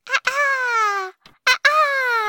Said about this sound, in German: Vielleicht sind wir auch an der Nordsee. Hör mal, die Möwen kreischen gegen den Wind.